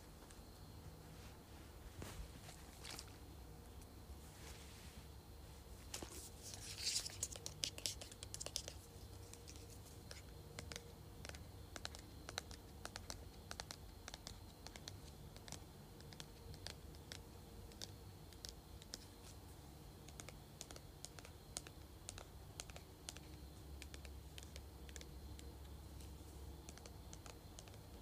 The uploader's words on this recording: ASMR Tapping, Scratching, and Shaking Perfume Bottle.